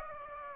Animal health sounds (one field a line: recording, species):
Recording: mosquito wingbeat signal from an infrared sensor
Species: Aedes aegypti